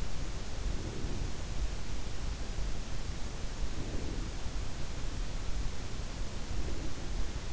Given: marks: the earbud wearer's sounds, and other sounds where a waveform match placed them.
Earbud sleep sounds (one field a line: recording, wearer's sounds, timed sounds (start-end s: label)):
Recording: sounds in sleep by an in-ear microphone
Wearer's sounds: breath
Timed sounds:
0.53-1.50 s: breath
3.46-4.53 s: breath
6.28-7.24 s: breath